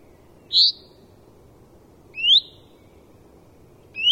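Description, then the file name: Common chaffinch calls: short, sharp, high notes sweeping upward, three in about four seconds, over a low steady background hiss. "Fringilla coelebs"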